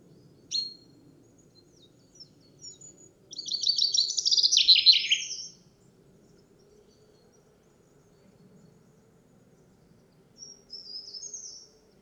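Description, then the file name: Common chaffinch singing a brief high phrase around four seconds, with a short chip before it and a fainter trill near the end; quiet background otherwise. "Fringilla coelebs"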